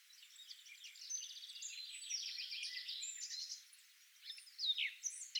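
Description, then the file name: Eurasian wren song: a dense, fast stream of high chattering trills and twitters, easing off briefly before a few sharper notes near the end. "Troglodytes troglodytes"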